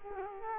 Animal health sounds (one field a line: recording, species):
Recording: mosquito wingbeat signal from an infrared sensor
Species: Culex quinquefasciatus